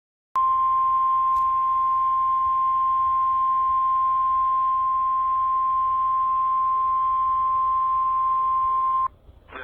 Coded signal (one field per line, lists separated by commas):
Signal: Emergency Alert System (SAME) tones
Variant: 1050 Hz attention tone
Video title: Eas Toa Eas#509